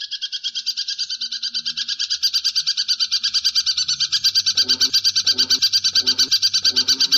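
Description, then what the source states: Long-tailed shrike sound as a fast, steady stream of sharp repeated high notes, slightly swelling in loudness, with a few lower pulsed bursts joining toward the end. Trending combination song ('kombinasi') used as masteran training material for the bird.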